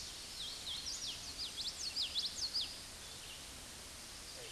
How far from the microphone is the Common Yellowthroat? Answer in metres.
about 15 m